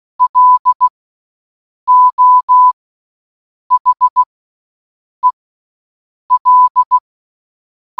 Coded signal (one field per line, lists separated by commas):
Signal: Morse code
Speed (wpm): 16 wpm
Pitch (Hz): 1000 Hz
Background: none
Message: LO HEL